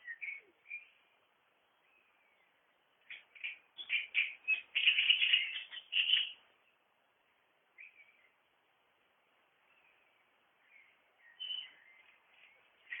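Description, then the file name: Great reed warbler singing a loud, rasping, jerky chatter, short croaks followed by a long grating burst, then scattered quieter phrases. "Drosselrohrsänger"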